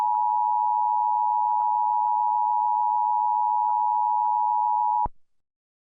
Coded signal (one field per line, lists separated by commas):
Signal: Emergency Alert System (SAME) tones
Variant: 853 and 960 Hz attention tone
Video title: Scrapped EAS Mock #1